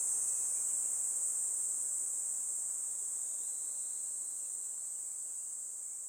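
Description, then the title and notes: Kaempfer cicadas give an unbroken thin, high-pitched drone that fades slightly toward the end. Chorus of Kaempfer cicadas that had just begun singing in a forest by the Tama River in summer; a pleasant noise heralding summer's arrival. "多摩川の森、ニイニイゼミたちの合唱"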